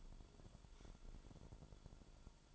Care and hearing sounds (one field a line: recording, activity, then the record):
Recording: daily activity, microphone in the room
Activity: take from stove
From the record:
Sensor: 5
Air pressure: 1008.2 hPa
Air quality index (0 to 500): 120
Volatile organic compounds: 1 ppm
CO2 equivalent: 921 ppm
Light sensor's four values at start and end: 29/63/27/27 and 29/64/27/27